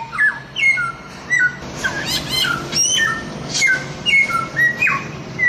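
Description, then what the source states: Chinese grosbeak song with bright whistled notes, some rising and some dropping, a brief buzzy passage in the middle, then more clean whistles. Masteran song-training recording of Chinese grosbeak (samyong).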